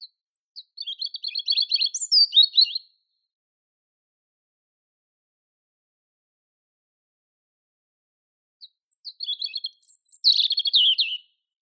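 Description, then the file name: European robin singing two high, thin, warbling phrases of rapid varied notes, each about two seconds long, separated by a long silent pause. "Erithacus rubecula"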